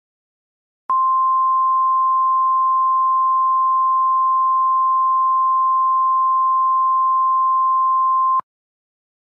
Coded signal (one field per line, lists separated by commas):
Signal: Emergency Alert System (SAME) tones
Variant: 1050 Hz attention tone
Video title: EAS Scenario #53 Flying Butts Rebirth